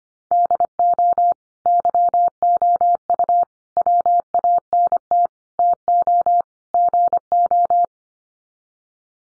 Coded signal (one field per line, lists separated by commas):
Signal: Morse code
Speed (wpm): 25 wpm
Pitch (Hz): 700 Hz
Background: none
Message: DO YOU WANT TO GO